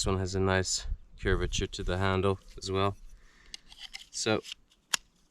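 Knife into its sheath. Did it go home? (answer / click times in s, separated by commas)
yes / 4.9 s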